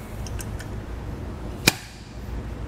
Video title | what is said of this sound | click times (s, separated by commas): etrailer - Fastway ONEstep Tandem Axle Trailers and RV XL Wheel Chocks Review | there we go and that's locked into place | 1.7 s